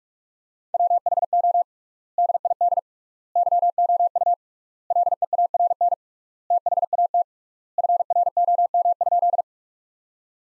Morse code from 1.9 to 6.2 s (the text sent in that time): DID YOU LEARN